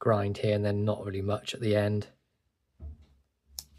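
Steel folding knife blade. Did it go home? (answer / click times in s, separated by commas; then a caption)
yes / 3.6 s. Someone talks, then the steel clip point blade of a vintage slipjoint pocket knife is worked and snaps against the backspring into its half-stop detent with one sharp, crisp click at 3.6 s. The blade is seated in the half stop.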